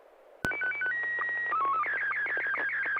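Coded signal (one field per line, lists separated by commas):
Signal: SSTV (slow-scan television)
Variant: Scottie 1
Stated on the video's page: SSTV images exchanged on a weekly amateur net via an FM repeater on 441.300 MHz in Sacramento, sent with MMSSTV software.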